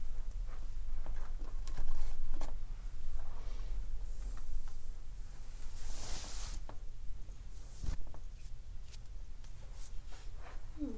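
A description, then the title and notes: Soft rustling of clothes and gentle rubbing sounds over a low steady rumble, with brief clicks and a bright hissing burst near six seconds. ASMR — Reiki Aura Energy Cutting with Gemstones and Smoke.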